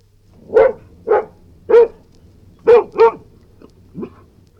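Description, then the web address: Airedale terrier barking, five sharp gruff barks in irregular succession followed by two softer, lower woofs, over a faint low hum. "BBC Historical. airedale barking"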